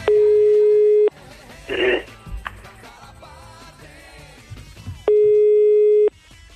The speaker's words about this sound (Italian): Squilla il numero della zanzara.